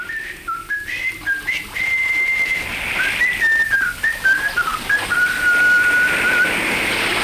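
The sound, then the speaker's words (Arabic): A person loudly whistling a lively soldiers' marching tune as an agreed signal, clear and fairly loud, stepping through short rising notes before settling on longer held pitches, with no talking over it. “كلمة أخرى من أجل الإشارة المتفق عليها، أصفر عاليا لحن سير الجند.”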